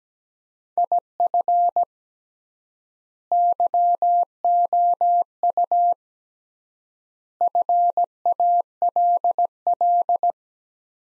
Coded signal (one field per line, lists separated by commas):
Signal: Morse code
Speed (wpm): 17 wpm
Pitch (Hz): 700 Hz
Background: none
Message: IF YOU FALL